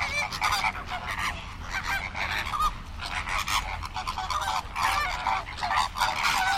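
Flamingos in a noisy flock, many nasal honking calls overlapping into a steady, unbroken goose-like clamour.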